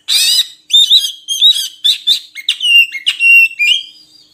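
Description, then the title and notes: Oriental magpie-robin song, a dense, continuous stream of rich whistled notes and quick warbling phrases with short gaps between bursts. Long-duration song used to train kept birds to sing actively, day and night. "Kacer Jadi Gacor Siang Malam. Isian Kacer Durasi Panjang"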